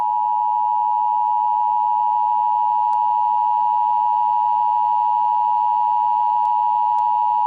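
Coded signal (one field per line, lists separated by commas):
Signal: Emergency Alert System (SAME) tones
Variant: 853 and 960 Hz attention tone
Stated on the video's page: Fictional EAS scenario.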